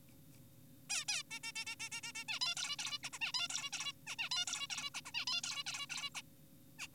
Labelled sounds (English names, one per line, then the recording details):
Zebra Finch
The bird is an adult
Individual g4p5U